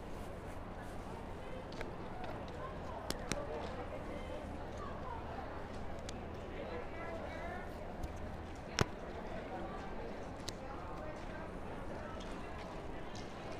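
Street protest crowd, a dense steady wash of many overlapping voices talking and calling out across the whole clip. A low hum runs underneath until about eight seconds, and sharp clicks and knocks punctuate it, the loudest just before nine seconds.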